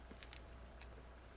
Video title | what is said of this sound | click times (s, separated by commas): Bead Wars: Michaels VS Dollar Store | Oh, that has a nice little snap sound to it as well. | 0.2 s, 0.3 s